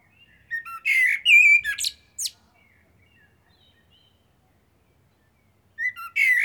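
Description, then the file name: Common blackbird singing a loud phrase of smooth fluted whistles tipped with shrill squeaks, followed by several seconds of near silence before the next phrase begins. "Turdus merula"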